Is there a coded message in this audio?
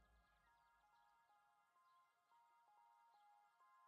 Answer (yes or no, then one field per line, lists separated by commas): no